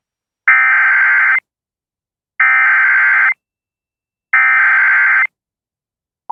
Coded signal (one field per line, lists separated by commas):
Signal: Emergency Alert System (SAME) tones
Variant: header bursts